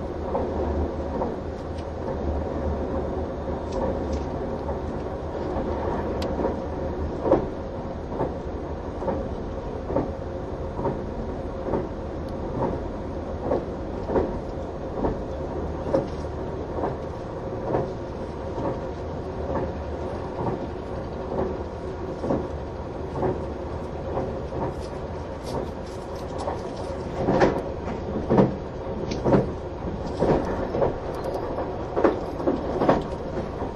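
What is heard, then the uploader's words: Inside a train's green car, a steady low engine hum and motor drone run throughout, with a constant mid tone holding over them. Brief clicks and knocks from the carriage recur irregularly, growing sharper and more frequent after about 25 seconds. HC85系 ひだ01号(グリーン車). 名古屋～高山. 列車走行音. A great balance between the engine sound and the motor sound in a quiet space of the green car.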